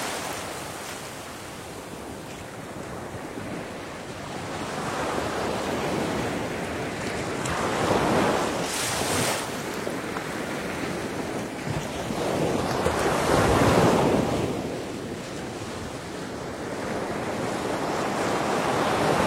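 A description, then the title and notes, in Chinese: Summer sea waves wash in with a steady hiss, swelling and receding in slow cycles. Brighter surges peak around 8–9 seconds and again near 13–14 seconds, with a sharp splash at about nine seconds. Wind rushes faintly underneath throughout. 夏日的海浪声 白噪音。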